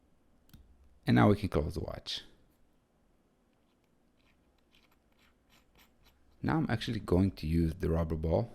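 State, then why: Seated. A metal crown stem is pushed back into an automatic watch movement after the dial and hands are placed, and it latches in place with two small clicks at 0.5 s and 0.5 s. Someone talks, and a faint tick follows around 4.8 s before more talk.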